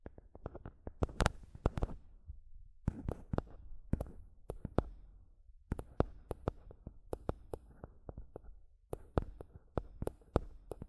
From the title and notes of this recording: ASMR Mic Tapping and Scratching (No Talking).